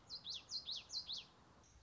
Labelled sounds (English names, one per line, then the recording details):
Common Yellowthroat
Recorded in Sonoma County, California